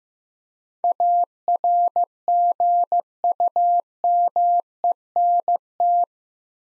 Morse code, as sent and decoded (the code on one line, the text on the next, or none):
.- .-. --. ..- -- . -. -
ARGUMENT